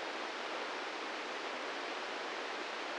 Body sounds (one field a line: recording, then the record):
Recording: brain microelectrode recording played as sound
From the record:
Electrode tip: inside the subthalamic nucleus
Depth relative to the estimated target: -2 mm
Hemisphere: left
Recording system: NeuroSet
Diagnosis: Parkinson's disease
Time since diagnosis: 13 years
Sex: male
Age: 66 years